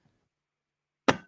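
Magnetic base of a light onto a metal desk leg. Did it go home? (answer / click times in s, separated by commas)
yes / 1.1 s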